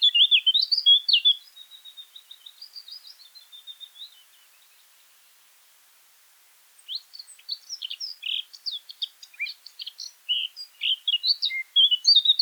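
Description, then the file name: Eurasian blackcap: loud fluty notes fading into a long soft twittering, a silence, then a lively jumbled chattering warble resuming. "Sylvia atricapilla"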